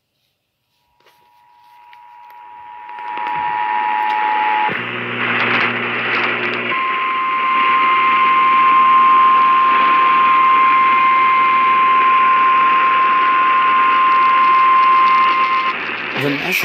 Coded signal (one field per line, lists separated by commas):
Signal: Emergency Alert System (SAME) tones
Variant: 853 and 960 Hz attention tone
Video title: TOR AFTER TOR... EAS Alerts from 11/5/18 - 11/6/18 (EAS #1,900 - 1,922)